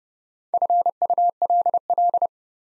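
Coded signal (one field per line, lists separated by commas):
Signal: Morse code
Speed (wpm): 30 wpm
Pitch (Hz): 700 Hz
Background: none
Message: FULL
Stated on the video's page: Morse practice at 30 wpm, building four-letter words one letter at a time for instant character recognition.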